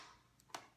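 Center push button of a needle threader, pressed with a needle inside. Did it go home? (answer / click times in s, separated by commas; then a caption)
yes / 0.6 s. The center push button of a small plastic Bohin Easy Needle Threader is pressed down by feel, with eyes closed, while a needle sits dropped into the larger side of the threader. A faint tick comes at 0.4 s, then a sharp click at 0.6 s as the mechanism seats and pushes the thread through the needle eye.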